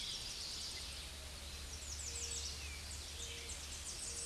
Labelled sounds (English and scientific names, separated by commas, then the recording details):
American Redstart (Setophaga ruticilla) song
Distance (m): 35 m
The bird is about 5 m above the microphone
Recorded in a Pennsylvania forest on 16 May 2024 at 07:43
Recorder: AudioMoth, point MSD-0526
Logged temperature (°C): 16.6 °C
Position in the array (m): 134 m, 224 m